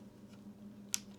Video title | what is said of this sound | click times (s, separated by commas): Don't buy ANTIGRAVITY A1 Prop Guards before watching this! | Push these clips round till it clicks. | 0.9 s